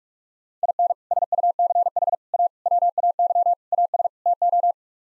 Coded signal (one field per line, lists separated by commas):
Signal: Morse code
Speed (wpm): 42 wpm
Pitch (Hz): 700 Hz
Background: none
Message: IN SUCH A WAY AS TO